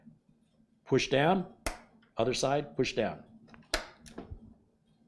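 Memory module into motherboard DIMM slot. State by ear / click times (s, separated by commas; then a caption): seated / 3.7 s. Someone talks while a memory module is pushed down into a DIMM slot on a Gigabyte B365M motherboard, first one side and then the other, until the retention levers rise and lock. A sharp, positive click sounds at about 3.7 s as the module seats correctly.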